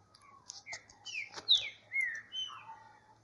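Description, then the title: Green-winged saltator song: a run of clear whistled and slurred phrases, some rising and some falling, given in quick succession with short gaps between notes. Bird being warmed up in the bush. "Canto De Trinca Ferro Voz 08. Esquentando trinca-ferro no mato"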